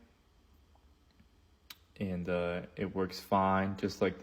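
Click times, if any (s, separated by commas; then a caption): 1.7 s. A plastic quick-connect field connector is fitted onto the stripped and cleaved end of an optical fiber and snaps into place with a single sharp click at 1.7 seconds. Someone then talks, and the connector is seated and works fine.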